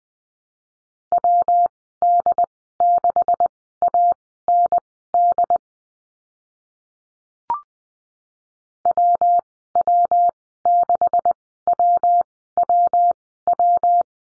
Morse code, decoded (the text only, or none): WD6AND WW6WWW